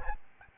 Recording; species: mosquito wingbeat signal from an infrared sensor; Aedes albopictus